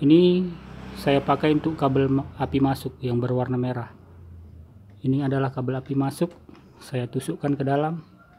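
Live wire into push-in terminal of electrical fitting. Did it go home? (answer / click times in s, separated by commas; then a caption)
no / none. The red incoming live wire is being pushed into the self-locking push-in terminal of a switch or lamp fitting. A man talks over faint handling sounds, with a small sudden sound at 4.9 s. Nothing has seated or clicked yet.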